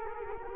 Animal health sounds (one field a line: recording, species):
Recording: mosquito wingbeat signal from an infrared sensor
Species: Culex quinquefasciatus